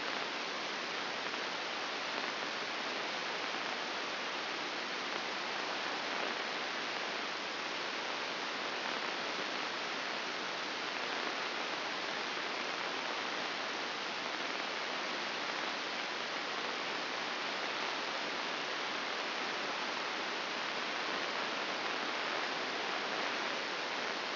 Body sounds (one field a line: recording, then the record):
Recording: brain microelectrode recording played as sound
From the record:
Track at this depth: inside the subthalamic nucleus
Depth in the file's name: 5.861 mm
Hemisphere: left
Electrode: 2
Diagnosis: Parkinson's disease